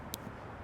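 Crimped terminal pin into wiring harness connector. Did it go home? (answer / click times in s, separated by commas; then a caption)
yes / 0.1 s. A crimped terminal pin on a 20 gauge wire is pushed into its cavity in a plastic wiring harness connector and seats with a short, sharp click at 0.1 s. The click rises clearly above a steady background hum, and the pin is confirmed seated.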